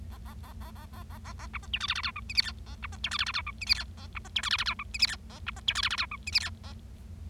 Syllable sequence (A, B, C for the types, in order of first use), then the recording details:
A A A A A A A A A B C D E F F G H I J K A B C D E F F G H I J K A B C D E F F G H I J K A B C D E F F G H I J K A. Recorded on 25 March 2012 at 08:28. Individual gy6or6